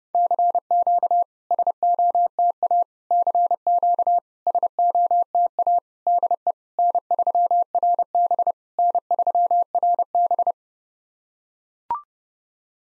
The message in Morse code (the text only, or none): CQ SOTA CQ SOTA DE N3RB N3RB